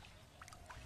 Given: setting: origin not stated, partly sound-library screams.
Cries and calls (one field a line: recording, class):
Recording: one-second piece from a danger detection set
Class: normal situation